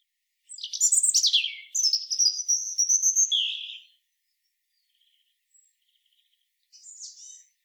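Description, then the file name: European robin song burst: a rapid, tinkling run of high notes sliding down, a long thin whistle, then silence and a soft final flourish. "Erithacus rubecula"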